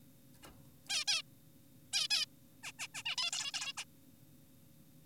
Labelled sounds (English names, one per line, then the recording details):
Zebra Finch
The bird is an adult
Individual g4p5U